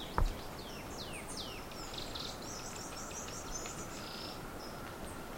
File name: slaty brush finch